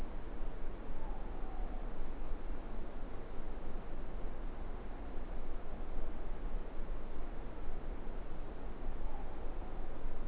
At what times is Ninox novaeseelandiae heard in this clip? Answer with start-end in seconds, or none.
0.91-1.98, 8.99-10.06